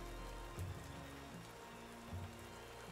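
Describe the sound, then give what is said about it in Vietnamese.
A steady, dense downpour of heavy rain with strong wind hisses continuously across the whole stretch, with a low rumbling undertone and no voices present. “Ngày hôm sau, dù mưa to gió lớn”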